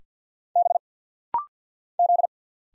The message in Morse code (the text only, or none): B Z